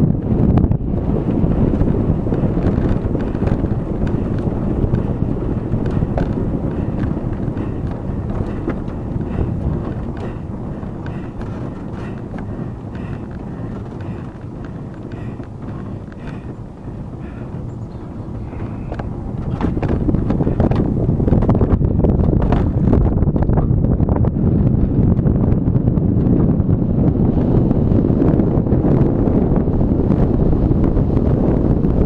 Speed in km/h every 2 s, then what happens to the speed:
23, 22, 20, 20, 16, 15, 12, 12, 11, 15, 20, 25, 30, 37, 39, 43.
0-16 slows to 11. 16-32 speeds up to 43.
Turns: none.